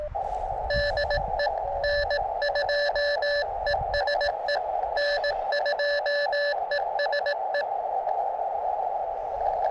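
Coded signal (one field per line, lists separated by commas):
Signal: Morse code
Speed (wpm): 18 wpm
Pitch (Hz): 1750 Hz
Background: radio noise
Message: DE N2ESE N2ESE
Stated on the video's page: Summits On The Air activations of three summits near Flagstaff, Arizona.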